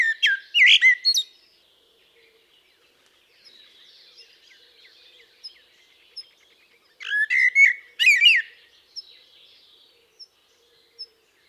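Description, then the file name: Common blackbird song: two separate fluty phrases, each finishing in a scratchy high-pitched twitter, with soft chirping from other birds in the gap between them. "Turdus merula"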